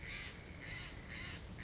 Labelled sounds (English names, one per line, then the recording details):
Steller's Jay
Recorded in Sonoma County, California